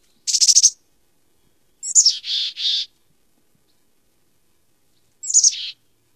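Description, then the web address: Mountain Chickadee calls: a rasping buzzy burst, then a high note followed by two hoarse dee notes, and a final buzzy descending call after a pause of over two seconds. "Songs of Birds of North America Stokes. Mountain Chickadee"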